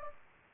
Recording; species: mosquito wingbeat signal from an infrared sensor; Anopheles gambiae